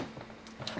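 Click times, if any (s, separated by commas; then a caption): 0.7 s. A stylus pen is attached to the magnetic charging connector on the side of a Surface Pro tablet and snaps magnetically into place. A few soft taps and rustles come first, then a sharp click at 0.7 seconds as the pen seats on the connector.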